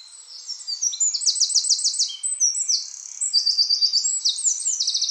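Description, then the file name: Eurasian wren singing a vigorous high-pitched song of quick chips and repeated rattling trills that runs continuously throughout. "Troglodytes troglodytes"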